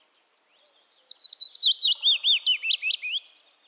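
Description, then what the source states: Willow warbler singing a gentle, falling cascade of clear whistled notes, with a faint low sound briefly underneath midway. Subspecies acredula.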